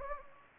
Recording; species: mosquito wingbeat signal from an infrared sensor; Anopheles gambiae